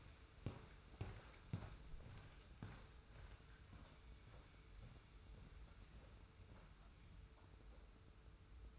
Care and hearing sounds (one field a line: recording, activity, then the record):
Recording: daily activity, microphone in the room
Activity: walk to room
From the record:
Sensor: 2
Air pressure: 991.1 hPa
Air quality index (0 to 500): 111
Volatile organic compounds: 52 ppm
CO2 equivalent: 3323 ppm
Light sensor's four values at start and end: 33/98/38/37 and 34/102/40/38